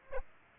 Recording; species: mosquito wingbeat signal from an infrared sensor; Aedes aegypti